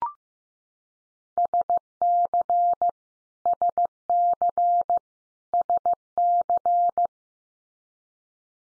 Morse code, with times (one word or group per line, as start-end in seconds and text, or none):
1.4-2.9 SC
3.5-5.0 SC
5.5-7.1 SC